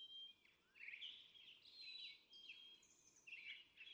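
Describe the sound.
Brown Thrasher song, faint bursts of varied chattering and whistled phrases following one another quickly, over background noise.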